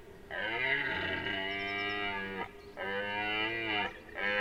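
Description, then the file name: Deer giving long, moaning tonal calls: a drawn-out two-second call, a shorter one after a pause, then another beginning as the recording ends. "JELEN"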